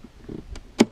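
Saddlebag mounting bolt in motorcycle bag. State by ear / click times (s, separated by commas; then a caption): torque reached / 0.8 s. A metal anti-strip saddlebag bolt on a newer Harley-Davidson Road Glide motorcycle bag is turned, with a faint rubbing sound and a soft tick at about 0.6 s. A sharp, bright click at 0.8 s comes from the bolt's built-in clutch slipping once it is tight, showing the bolt has reached its torque limit.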